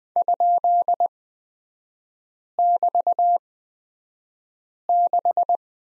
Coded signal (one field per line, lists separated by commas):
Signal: Morse code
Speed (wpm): 20 wpm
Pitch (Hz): 700 Hz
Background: none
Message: ?<BT>6